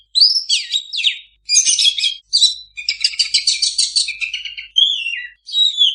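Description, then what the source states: Oriental magpie-robin song: a rich, varied stream of sweet whistles, rapid chattering trills and slurred notes, delivered in bursts separated by brief pauses. Singing kacer (Oriental magpie-robin) in gacor full-song condition; master recording meant for owners of kacer that do not sing.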